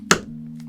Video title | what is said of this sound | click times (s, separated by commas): How to Replace Sennheiser Momentum 4 Speaker Driver Housing - Step-by-Step Repair | You'll hear it click into place. | 0.1 s